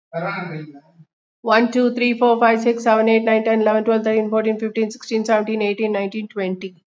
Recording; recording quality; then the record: counting at a fast pace; excellent, no background noise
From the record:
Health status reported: respiratory illness, not identified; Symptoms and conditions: asthma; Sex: female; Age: 55 years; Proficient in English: yes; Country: India